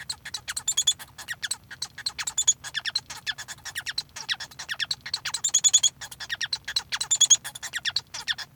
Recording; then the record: song of a male Bengalese finch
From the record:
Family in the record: son of father 1